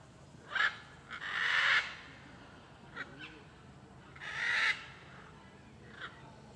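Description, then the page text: Blue-and-yellow macaw raucous squawks, a long rasping call then another about three seconds later, with short sharper notes between and steady low background noise. Many macaws calling along a street in Alto Paraíso de Goiás, Cerrado, Brazil. "Rua em Alto Paraiso com muitas araras cantando e carros passando. Arara-canindé - Coleção Sonora do Cerrado"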